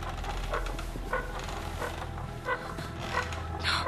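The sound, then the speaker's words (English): A moving toy lion, first taken for a rocking horse, gives a lion-like roar in a string of rough, growling bursts, roughly one every half second or so, over a steady low hum, with a harsher, brighter burst at the end. “It's not a rocking horse. It's a toy lion.”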